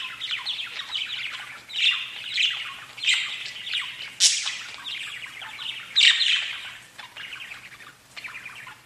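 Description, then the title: Budgerigar chatter, squawky bursts and chirps that swell and fade, with a sharp high shriek midway. "Budgie Sounds"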